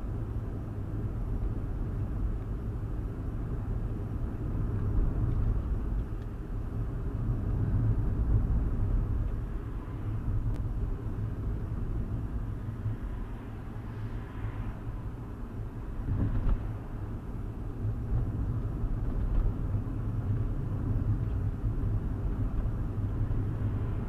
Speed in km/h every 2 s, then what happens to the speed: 40, 40, 40, 39, 39, 37, 34, 34, 35, 37, 39, 39.
0-24 steady at about 39.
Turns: none.